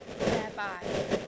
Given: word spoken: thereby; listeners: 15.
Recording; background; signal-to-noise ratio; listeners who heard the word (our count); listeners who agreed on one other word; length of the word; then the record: one English word in noise, from a listening test; noise modulated by three-talker babble; -7.1 dB; 2 of 15; 7 of 15; 0.87 s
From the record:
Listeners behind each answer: 7, 2, 2, 1, 1, 1, 1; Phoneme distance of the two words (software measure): 20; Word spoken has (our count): 2 syllables, 4 phonemes, stress on syllable 1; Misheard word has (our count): 2 syllables, 4 phonemes, stress on syllable 2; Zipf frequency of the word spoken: 3.11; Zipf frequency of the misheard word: 4.25